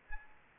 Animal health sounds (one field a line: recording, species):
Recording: mosquito wingbeat signal from an infrared sensor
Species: Aedes aegypti